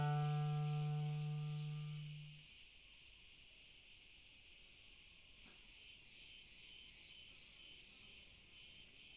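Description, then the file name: Crickets in a steady high shimmering chorus, continuous throughout, with a low harmonic tone over the first two and a half seconds. Distant cricket chorus. "Grillen Chor Fern"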